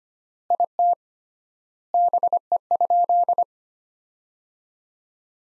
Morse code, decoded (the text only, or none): IT BE?